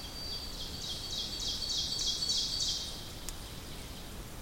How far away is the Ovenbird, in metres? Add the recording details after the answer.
about 40 m. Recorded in boreal forest in Alberta, Canada, on 2 June 2016 at 08:37. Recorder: SongMeter 3, array SBT-3-7. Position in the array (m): 172 m, 124 m. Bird 8